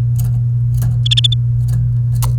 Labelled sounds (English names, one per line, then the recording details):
Domestic Canary song
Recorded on 28 April 2018 at 08:17
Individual llb3